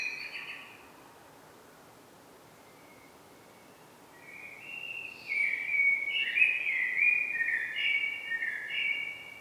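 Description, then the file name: Common blackbird song: a short phrase at the start, a pause, then a longer rich warbling sequence of fluty notes, with soft hiss behind. "Turdus merula"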